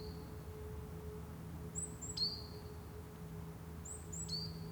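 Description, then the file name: Great tit calls: twice, a very high thin note drops into a lower sliding whistle, about two seconds apart, over a steady low electrical hum and faint rumble. "Parus major"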